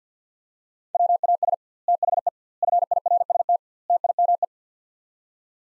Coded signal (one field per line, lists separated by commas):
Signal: Morse code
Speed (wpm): 50 wpm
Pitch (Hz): 700 Hz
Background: none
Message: WAS THE FIRST TIME